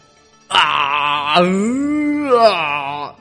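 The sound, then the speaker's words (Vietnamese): A man groans and growls from his throat in pain, as if he cannot bear it, one strained, drawn-out vocal cry lasting nearly three seconds, its pitch sliding down then rising again, loud and raw with no other talking. “Yết hầu Đàng Thanh Sơn phát ra những tiếng gầm gừ như không thể chịu nổi.”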